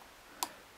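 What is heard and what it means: A drag clicker piece sitting at an angle inside a Daiwa 7HT Mag/ST fishing reel body is pushed down with a small flat-blade screwdriver until it pops back into its proper position. Against quiet background noise, a single sharp tick sounds at 0.4 s, bright from about 700 Hz up to 16 kHz. The clicker is seated.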